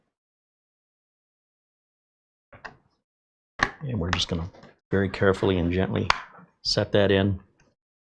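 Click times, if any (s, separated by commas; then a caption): none. Someone talks while carefully and gently lowering the case cover of an AceMagic Matrix M1 mini PC back onto its chassis, with a few faint handling sounds before the talking starts. The cover has not locked in yet, and nothing has seated or clicked.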